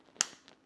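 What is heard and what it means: A folding pocket knife blade is opened until its locking mechanism engages, the lock that keeps the blade from shutting on the fingers. A sharp, bright click rings out at 0.2 seconds, with faint ticks before and after. The blade is locked fully open.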